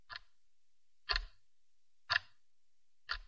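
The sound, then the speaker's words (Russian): A clock ticks steadily, four crisp, bright clicks spaced about a second apart, with silence between each tick and no voices. “Первое, что я услышал, когда пришел в себя, было мерное тиканье часов.”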